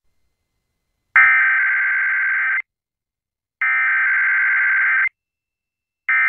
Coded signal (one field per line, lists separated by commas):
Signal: Emergency Alert System (SAME) tones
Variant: header bursts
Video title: 103.5 KTU | WKTU Lake Success, NY Legal/TOTH ID + EAS Test (1/5/22)